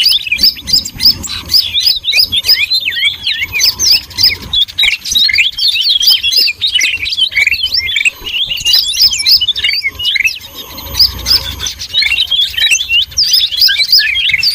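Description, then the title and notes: A flock of birds chirping in a continuous, dense stream of high twittering notes, steady in loudness throughout. Noisy bird chatter, used as a lure to attract birds. "Master Burung Ribut Durasi Panjang. Burung Ribut Pikat"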